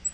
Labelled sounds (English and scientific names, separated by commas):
Black-throated Green Warbler (Setophaga virens) flight call